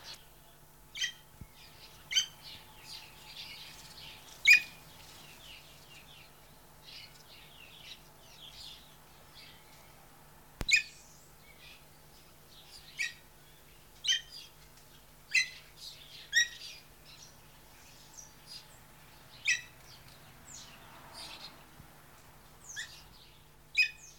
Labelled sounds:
Ornate Hawk-Eagle (Spizaetus ornatus) call
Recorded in captivity
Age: adult
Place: Tierpark Berlin, Berlin, DE
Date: 1983-10-01 10:00
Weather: sonnig, ca. 5°C, leichter Wind
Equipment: Nagra SN, Kopie Uher 4200 Report Monitor
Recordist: Tembrock, Günter
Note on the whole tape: Lautfolgen, sitzt dabei am Boden, auf Futter

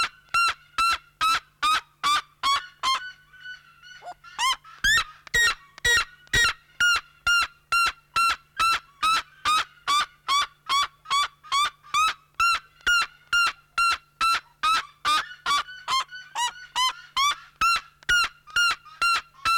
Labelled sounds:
Red-legged Seriema (Cariama cristata) call
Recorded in captivity
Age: adult
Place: Zoo Berlin, Berlin, DE
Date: 1993-03-20 12:28
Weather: 5-8°C, böiger Wind
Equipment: Marantz CP 430, Sennheiser ME 80, Kopie Uher Variocord 263
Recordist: Tembrock, Günter

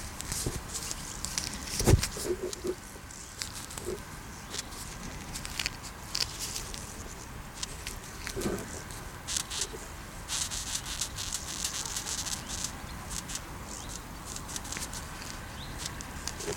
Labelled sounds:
Spring Dumbledor (Trypocopris vernalis) stridulation
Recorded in the wild
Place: Blankenfelde, Tegeler Fließ, Berlin, DE
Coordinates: 52.64, 13.39
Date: 1992-08-16 11:20
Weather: sonnig - wolkig, 17-22°C
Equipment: Marantz CP 430, Sennheiser ME 80, Kopie Tesla B 116
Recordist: Tembrock, Günter
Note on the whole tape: Arkenberge, Fließtalwiesen. Stridulation eines in der Hand gehaltenen Tieres

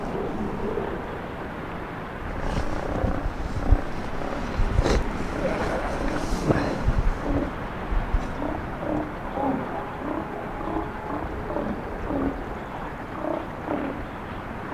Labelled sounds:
Arctic Fox (Vulpes lagopus)
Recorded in the wild
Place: Insel Mednyi, Kommandeur-Inseln, RU
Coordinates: 54.5167, 168.083
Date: 1999-06-23
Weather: Nebel, 4°C, schwacher Wind
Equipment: Sony WM-D6C, Sennheiser ME 80, Windkorb, Kopie Sony TCD-D8
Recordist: Frommolt, Karl-Heinz

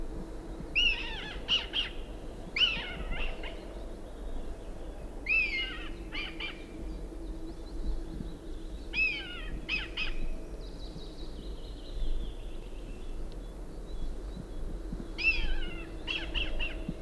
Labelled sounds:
Red Kite (Milvus milvus) call
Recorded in the wild
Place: Serrahn, Mecklenburg-Vorpommern, DE
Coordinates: 53.344, 13.204
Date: 1978-05-13
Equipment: Nagra III BH, Sennheiser MD 21, parabola
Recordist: Schubert, Michael

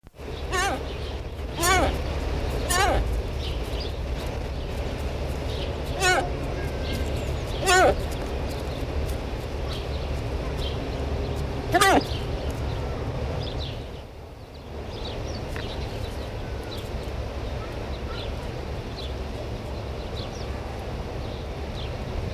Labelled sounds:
Fallow Deer (Dama dama) call
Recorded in captivity
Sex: female
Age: adult
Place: Zoo Dresden, Sachsen, DE
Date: 1971-01-16
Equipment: Uher 4200 Report Stereo, Sennheiser MD 421 (z.T. mit Tesla-Verstärker)
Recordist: Tembrock, Günter

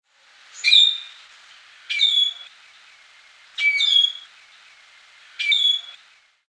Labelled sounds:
Golden Myna (Mino anais)
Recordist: Tembrock, Günter
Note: Rufe

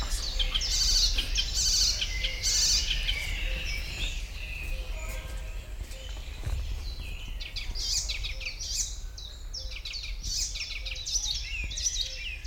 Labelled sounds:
Icterine Warbler (Hippolais icterina)
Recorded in the wild
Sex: male
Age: adult
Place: Kremmen, Brandenburg, DE
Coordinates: 52.76, 13.03
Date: 1995-06-03 15:32
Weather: heiter, 18-20°C
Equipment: Marantz CP 430, Sennheiser ME 80, Kopie Uher 4000 Report Monitor
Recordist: Tembrock, Günter

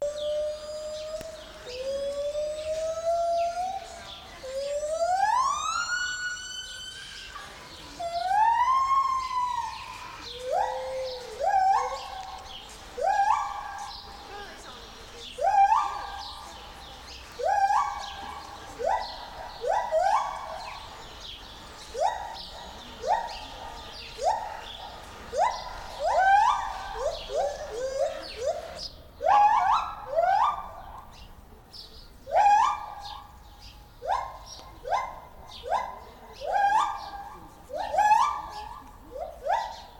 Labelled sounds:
Lar Gibbon (Hylobates lar)
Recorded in captivity
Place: Zoo Berlin, Berlin, DE
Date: 1996-03-23 10:28
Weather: heiter, 4°C
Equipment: Sony WM-D6C, Sennheiser ME 80, Kopie Uher 4000 Report Monitor
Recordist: Tembrock, Günter

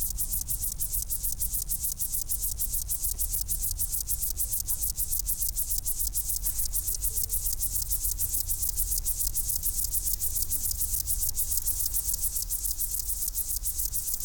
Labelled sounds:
Upland Field Grasshopper (Chorthippus apricarius)
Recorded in the wild
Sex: pair
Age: imago
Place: Hakenfelde, Spandauer Forst, Berlin, DE
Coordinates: 52.58, 13.17
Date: 1996-08-18 17:31
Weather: sonnig, 24°C
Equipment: Sony MD-WM MZ-R3, Sennheiser ME 80, Kopie Uher 4000 Report Monitor
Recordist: Tembrock, Günter

